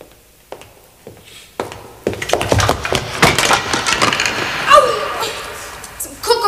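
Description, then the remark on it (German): Wooden crates topple over and land on someone's toes in a loud, clattering cascade: a few sharp knocks, then a sustained jumble of crashing, splintering thuds and rattles that keeps tumbling for several seconds. “Wahrscheinlich bist du an die Kisten hingekommen.”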